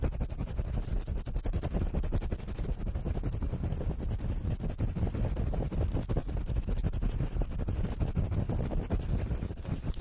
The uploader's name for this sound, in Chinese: 高速、暴力清理耳朵